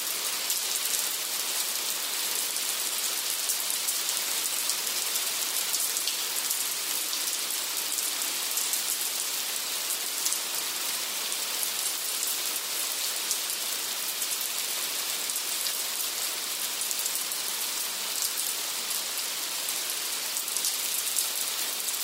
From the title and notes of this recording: The gentle, rhythmic sounds of steady light rain. The rain tapping gently against the windowpane.